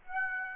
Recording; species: mosquito wingbeat signal from an infrared sensor; Aedes aegypti